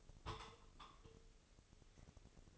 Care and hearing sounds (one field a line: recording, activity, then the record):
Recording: daily activity, microphone in the room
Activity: take from stove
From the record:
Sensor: 4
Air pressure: 996.2 hPa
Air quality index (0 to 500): 73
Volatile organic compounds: 3 ppm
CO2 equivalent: 1366 ppm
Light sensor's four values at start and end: 18/50/19/20 and 18/50/19/20